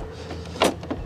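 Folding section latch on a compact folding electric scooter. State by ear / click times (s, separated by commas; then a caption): not seated / none. A compact folding electric Honda Motocompacto scooter is being unfolded by hand, with its folding section being moved toward its open position against a plastic/metal latch. Over a low steady rumble, a loud handling knock is heard at 0.6 s, then smaller taps at 0.8 and 0.9 s and a final bump at 1.1 s. Nothing has seated or clicked yet.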